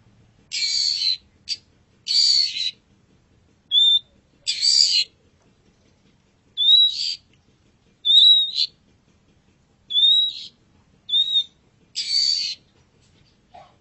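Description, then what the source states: Long-tailed shrike song: harsh scratchy bursts alternating with short thin whistled slurs, separated by pauses. Masteran (tutor) song recording of the long-tailed shrike, known locally as cendet.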